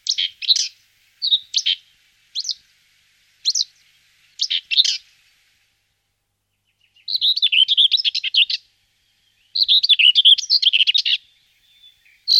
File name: pěnice-hnědokřídlá